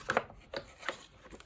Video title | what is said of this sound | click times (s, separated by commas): A Henry for Steve: Numatic Henry Micro replacement switch and power cord | and it should go back down like that snap | 0.1 s